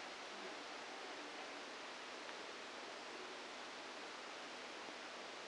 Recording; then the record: brain microelectrode recording played as sound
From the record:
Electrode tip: outside the subthalamic nucleus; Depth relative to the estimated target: 4 mm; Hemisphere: right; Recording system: NeuroSet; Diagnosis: Parkinson's disease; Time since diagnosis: 7 years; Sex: female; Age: 68 years